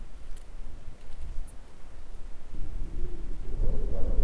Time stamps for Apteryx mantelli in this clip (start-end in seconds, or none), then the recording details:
none. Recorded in New Zealand on 16 October 2015. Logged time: 20:14. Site BM6